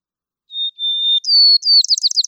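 White-crowned sparrow song: a clear steady whistle, then higher slurred whistles and a quick series of short descending notes at the end; quiet background.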